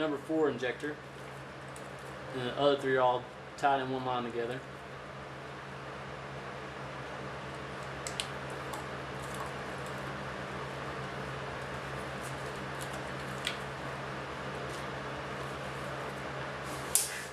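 Someone talks while plastic electrical connectors from an engine wiring harness, during an S13-to-S13 wiring swap on a Nissan 240SX with an SR20DET, are pushed onto the fuel injectors: the number four injector, then the other three tied together in one line. Sharp clicks sound at 8.1, 8.2, 13.5 and 17.0 seconds over a steady background hiss. The connectors are pushed until they click so they are fully seated.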